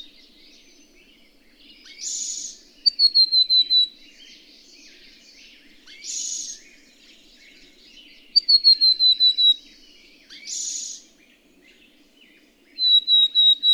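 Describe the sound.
Bird song: a harsh, hissing burst alternates with a quick run of several high, pure whistled notes, slightly falling, repeating several times over soft background chirps.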